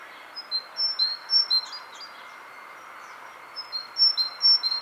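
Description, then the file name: Great tit high-low whistled phrases in two short bursts separated by a quiet gap, somewhat irregular, against a background hiss. "Parus major"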